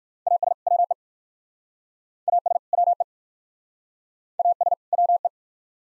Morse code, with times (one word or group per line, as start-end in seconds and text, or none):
0.3-0.5 AS
0.7-0.9 WE
2.3-2.6 AS
2.7-3.0 WE
4.4-4.7 AS
4.9-5.3 WE